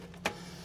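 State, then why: Seated. A plastic push-in panel clip is pressed into its hole in the body of a mower with a Kohler V-Twin engine to hold the side panel on. A single sharp click at 0.3 s stands out over a faint steady low hum. The clip seats and snaps into place.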